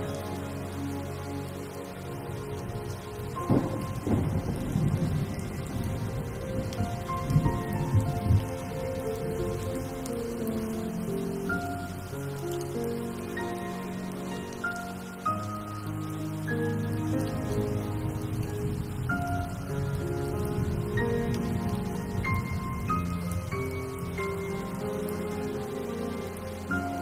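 A soundtrack piece plays over steady rain. Slow melodic notes step along above sustained low tones, with a few stronger accents around the fourth and eighth seconds, while the rain hisses evenly underneath throughout. There is a brief dip near fifteen seconds.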